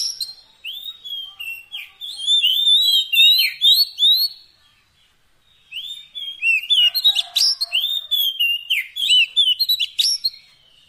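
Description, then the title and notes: Oriental magpie-robin delivering rapid varied whistles and sharp notes in two long bursts separated by a short silence. Long-duration fill-in (isian) song of kacer, meant to make the bird sing vigorously (gacor) day and night. "Kacer Jadi Gacor Siang Malam. Isian Kacer Durasi Panjang"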